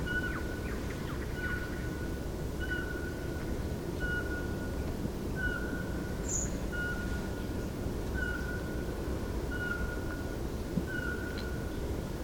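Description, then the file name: Eurasian pygmy owl giving a regular series of soft whistled notes on one steady pitch, over constant low rumbling background noise. Bavarian Forest, 30 September 2016. "Sperlingskauz 30 09 2016 Bayerischer Wald Susanne Rieck"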